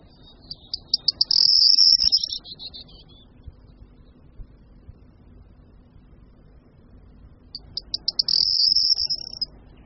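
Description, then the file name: Corn bunting giving two songs about seven seconds apart, each starting with a few ticks that accelerate into a jangling, metallic trill. "Strnad-luční"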